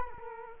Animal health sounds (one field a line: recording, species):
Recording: mosquito wingbeat signal from an infrared sensor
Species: Culex quinquefasciatus